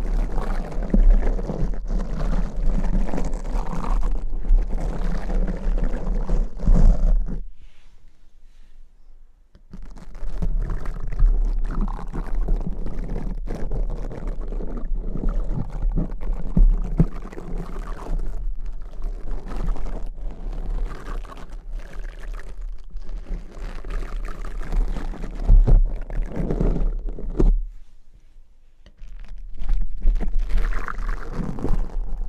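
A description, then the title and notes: Crunchy slime being squished and scratched in dense, crackly bursts, pausing briefly near 8 and 28 seconds before resuming with steady low squelching. Crunchy Slime x Brain Scratching.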